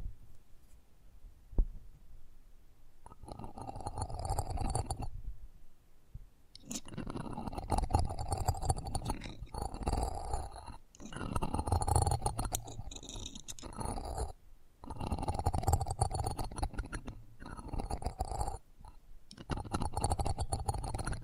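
ASMR close-up mic treatment: rough rubbing and rumbling bursts of several seconds each, separated by brief silences, with a low muffled thud early on.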